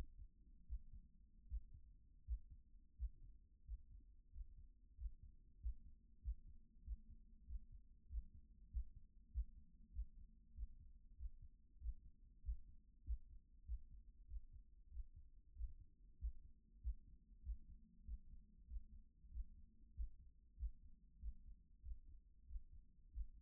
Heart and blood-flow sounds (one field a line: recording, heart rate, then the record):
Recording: heart sounds by stethoscope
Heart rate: 95 bpm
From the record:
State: at rest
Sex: male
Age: 28 years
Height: 180 cm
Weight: 120 kg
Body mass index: 37.04